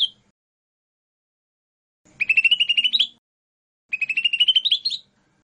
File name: cucak hijau mini. omkicau